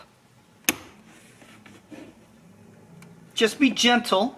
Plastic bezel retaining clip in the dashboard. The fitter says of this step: and I just essentially just put it underneath like this and turned it and you'll hear it pop